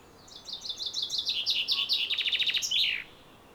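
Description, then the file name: Common chaffinch song, one bright phrase of stepped descending notes running into a fast rattle and a closing flourish, with faint background hiss. "Fringilla coelebs"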